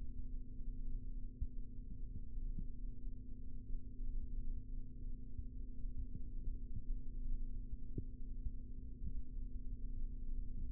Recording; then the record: forearm muscle sounds (acoustic myography)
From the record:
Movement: rest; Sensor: system 3, bracelet of six PUI Audio POM-2738L microphones around the upper forearm, with dedicated amplification and filtering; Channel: 3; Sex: male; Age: 25 years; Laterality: right